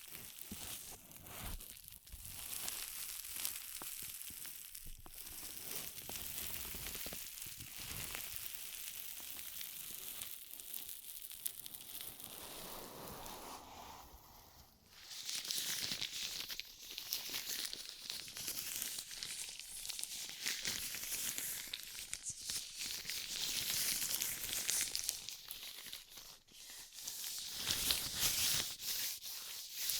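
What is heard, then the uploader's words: Ear massage sounds made of dense, continuous crinkling and rubbing, with quick scratchy textures throughout. Around fifteen seconds the sound shifts to a brighter, hissier rustle that swells and fades in waves, with a few brief dips near twenty-six seconds. ASMR 10 Ear Massages for Sleep (No Talking).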